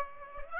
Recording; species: mosquito wingbeat signal from an infrared sensor; Aedes aegypti